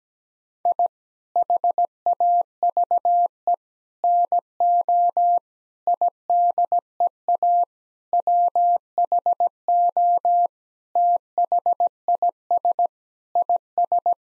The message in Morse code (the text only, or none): I HAVE NO IDEA WHO THIS IS